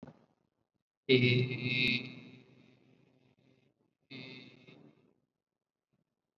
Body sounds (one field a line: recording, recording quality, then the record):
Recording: sustained vowel as in made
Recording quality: excellent, no background noise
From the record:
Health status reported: COVID-19 positive, mild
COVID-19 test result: positive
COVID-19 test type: RT-PCR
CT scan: not taken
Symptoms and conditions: none ticked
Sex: male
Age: 26 years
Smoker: no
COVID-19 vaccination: one dose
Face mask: worn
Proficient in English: yes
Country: India